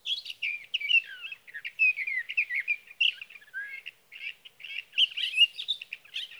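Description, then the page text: Sage thrasher pouring out a dense, nearly continuous warble of varied, rapidly changing high notes. Male singing at night near his roost, recorded over three nights from evening June 12 to morning June 15, 2018, Sierra Valley, California, with a Swift recorder. "Sage thrasher songs, through the night. from the evening of June 12 to the morning of June 15, 2018, in Sierra Valley, California"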